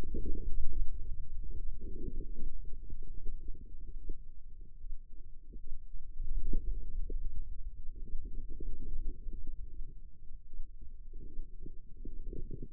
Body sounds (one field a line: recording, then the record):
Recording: forearm muscle sounds (acoustic myography)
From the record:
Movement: radial deviation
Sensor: system 2, bracelet of six BSWA MPA416 microphones around the upper forearm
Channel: 2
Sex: female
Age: 25 years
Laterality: right